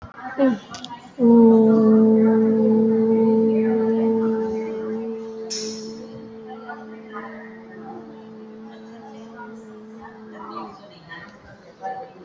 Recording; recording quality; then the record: sustained vowel as in boot; moderate, slight background noise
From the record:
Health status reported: COVID-19 positive, mild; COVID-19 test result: positive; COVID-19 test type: RT-PCR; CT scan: not taken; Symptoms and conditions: cough, loss of smell and taste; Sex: female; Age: 32 years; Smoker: no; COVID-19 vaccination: one dose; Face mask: worn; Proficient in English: yes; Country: India